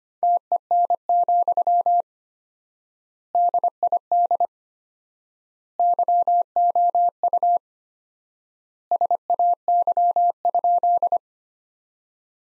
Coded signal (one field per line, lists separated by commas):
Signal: Morse code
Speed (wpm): 25 wpm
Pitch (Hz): 700 Hz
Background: none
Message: TEN, DID YOU SAY?